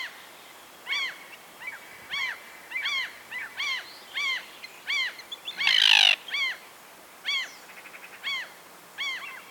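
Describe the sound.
Common tern calls: a run of clipped, arched notes, with one loud grating screech midway.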